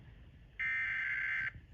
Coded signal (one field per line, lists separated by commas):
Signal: Emergency Alert System (SAME) tones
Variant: header bursts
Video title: Scholastic Storms II: Midnight Nightmare (EAS Alerts from 4/1/23) EAS #42-#51